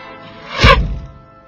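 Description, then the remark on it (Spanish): An arrow shot by William Tell strikes its target, an apple, in the public square of Altdorf with a single heavy, low thunk, its short rumbling decay fading quickly into quiet, with no voices. “Guillermo Tell, sereno, levantó su arma, apuntó y disparó la flecha.”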